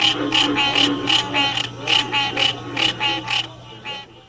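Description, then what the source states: Frog chorus: a rapid, uneven series of pulsed calls over a steady low hum. Recorded mixed frog chorus, including pig frog, American bullfrog, spring peepers and others, played back from a push-button exhibit display.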